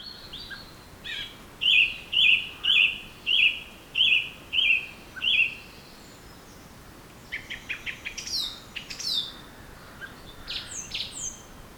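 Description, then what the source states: Bird song: a run of seven loud chirped whistles at a steady beat, then a mix of rapid high chips and sharp notes. Birds singing in a forest.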